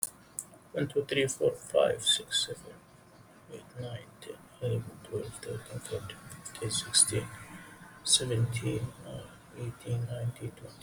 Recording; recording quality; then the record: counting at a normal pace; excellent, no background noise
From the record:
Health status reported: exposed to COVID-19, no respiratory illness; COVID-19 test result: negative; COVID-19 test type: rapid antigen test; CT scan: not taken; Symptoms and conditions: cough, breathing difficulty, diarrhoea, another respiratory illness, another condition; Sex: male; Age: 27 years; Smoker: no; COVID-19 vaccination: none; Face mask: worn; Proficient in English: yes